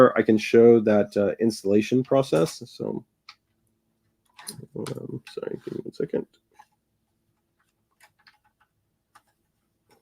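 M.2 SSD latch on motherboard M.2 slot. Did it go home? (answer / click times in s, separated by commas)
no / none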